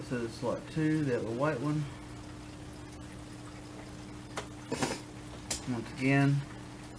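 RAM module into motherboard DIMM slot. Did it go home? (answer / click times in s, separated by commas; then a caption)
no / none. A second Timetech RAM module is handled over the white DIMM slot on the motherboard of an Optiplex 7010 SFF during a RAM upgrade, while someone talks over a steady low hum with brief handling taps near 4.4 and 5.5 seconds. Nothing has seated or clicked yet.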